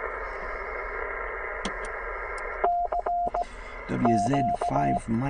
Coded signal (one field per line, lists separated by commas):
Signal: Morse code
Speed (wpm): 18 wpm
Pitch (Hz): 690 Hz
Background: speech, radio noise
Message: C Q